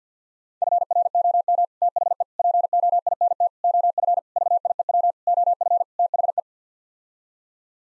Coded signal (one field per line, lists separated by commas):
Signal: Morse code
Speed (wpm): 50 wpm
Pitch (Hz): 700 Hz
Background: none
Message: FROM THE POINT OF VIEW OF THE